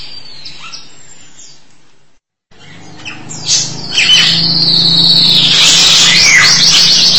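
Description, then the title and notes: Starling song: a short faint phrase, a brief silence, then loud harsh chattering and whistled sweeps building into a continuous noisy stream with a low hum beneath. "suara burung jalak"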